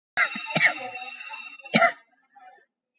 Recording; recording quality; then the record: heavy voluntary cough; excellent, no background noise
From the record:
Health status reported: exposed to COVID-19, no respiratory illness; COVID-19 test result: negative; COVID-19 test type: RT-PCR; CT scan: taken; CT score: 8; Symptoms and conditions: cough, cold, breathing difficulty, sore throat, fatigue, loss of smell and taste, diarrhoea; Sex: female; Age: 38 years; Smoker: no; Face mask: worn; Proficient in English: yes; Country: India